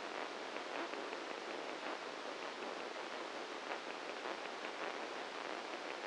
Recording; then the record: brain microelectrode recording played as sound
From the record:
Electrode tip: inside the subthalamic nucleus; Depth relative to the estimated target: 0 mm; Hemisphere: right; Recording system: NeuroSet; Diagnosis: Parkinson's disease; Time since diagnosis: 7 years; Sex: male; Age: 44 years